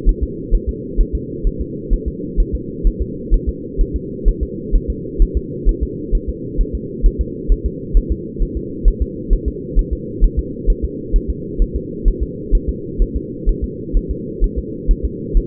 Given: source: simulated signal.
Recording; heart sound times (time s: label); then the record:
fetal heart sounds
0.09 s: S1
0.23 s: S2
0.55 s: S1
0.69 s: S2
1.00 s: S1
1.15 s: S2
1.47 s: S1
1.61 s: S2
1.94 s: S1
2.08 s: S2
2.40 s: S1
2.55 s: S2
2.87 s: S1
3.02 s: S2
3.34 s: S1
3.49 s: S2
3.81 s: S1
3.96 s: S2
4.28 s: S1
4.43 s: S2
4.75 s: S1
4.90 s: S2
5.22 s: S1
5.37 s: S2
5.69 s: S1
5.83 s: S2
6.15 s: S1
6.29 s: S2
6.61 s: S1
6.75 s: S2
7.06 s: S1
7.21 s: S2
7.52 s: S1
7.66 s: S2
7.97 s: S1
8.12 s: S2
8.42 s: S1
8.57 s: S2
8.88 s: S1
9.02 s: S2
9.33 s: S1
9.48 s: S2
9.79 s: S1
9.93 s: S2
10.24 s: S1
10.39 s: S2
10.70 s: S1
10.84 s: S2
11.16 s: S1
11.30 s: S2
11.62 s: S1
11.76 s: S2
12.08 s: S1
12.23 s: S2
12.55 s: S1
12.69 s: S2
13.02 s: S1
13.16 s: S2
13.49 s: S1
13.64 s: S2
13.97 s: S1
14.11 s: S2
14.44 s: S1
14.58 s: S2
14.91 s: S1
15.05 s: S2
15.37 s: S1
From the record:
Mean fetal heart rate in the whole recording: 130 bpm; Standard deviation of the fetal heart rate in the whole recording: 2 bpm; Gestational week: 38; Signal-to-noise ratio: -4.1 dB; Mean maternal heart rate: no maternal heart sound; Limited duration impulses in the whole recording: absent